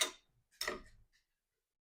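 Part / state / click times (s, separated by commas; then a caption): rifle bolt closing on a no-go headspace gauge in the barrel chamber / not seated / none. A steel AR bolt is pushed forward with steady pressure, lifted so the charging handle does not drag, onto a no-go headspace gauge held in the barrel chamber by the extractor. A sharp tick at 0.0 s is followed by louder metal contact ticks at 0.6 and 0.7 s, a short rattle until about 1.05 s, and a faint tick near 1.15 s. The bolt stops against the gauge without rotating or locking, the correct result for a no-go gauge, so nothing has seated or clicked yet.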